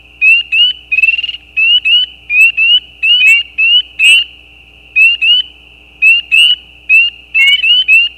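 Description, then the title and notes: Spring peepers in chorus: shrill, rising peeps repeated rapidly in runs, with an occasional short pulsed trill between them. Mating calls of peeper frogs, given as individual calls with gaps; recorded at night at the side of a gravel road. "Peepers peeping. Peeper frogs mating calls - the calls are more individual with gaps in the recording. Recorded at the side of a gravel road at night. Recorded by Anton Pickard. Part of the Music for Sleep project"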